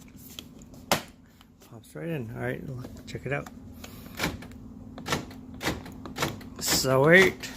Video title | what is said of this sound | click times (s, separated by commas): Lexus CT200H - Broken Lock Switch - Remove and Replace Lock Actuator | remove the door anyways so just pops right out alright | 0.9 s